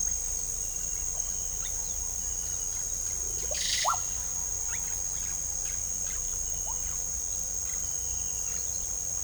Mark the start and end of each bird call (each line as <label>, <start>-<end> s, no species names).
bird call, 3.48-4.04 s